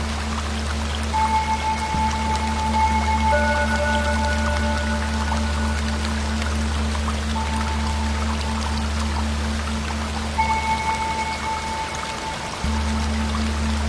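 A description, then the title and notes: Water rushes steadily throughout, a dense, even patter over a low, constant hum. Thin, clear singing-bowl tones ring out softly above it, sustained layers from about one to seven seconds and again after ten seconds. Water Sounds + Tibetan Bowl. The soothing sounds of Tibetan bowls singing and water noise come together to make a relaxing combination.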